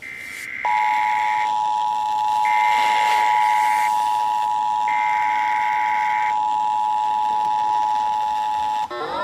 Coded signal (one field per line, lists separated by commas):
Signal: Emergency Alert System (SAME) tones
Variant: 853 and 960 Hz attention tone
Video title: That's Right, Challenge P!$$!ng: FLW on WXJ84, WKWS & WVAF (2/3/22) EAS 569-571